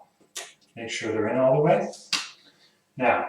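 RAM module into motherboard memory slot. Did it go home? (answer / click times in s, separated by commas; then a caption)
yes / 0.4 s. A RAM stick is pushed down into a motherboard DIMM memory slot until the retaining clips snap, with a short sharp click at 0.4 s confirming the module is seated. Someone talks before and after the click, and another brief sharp transient follows at about 2.1 s.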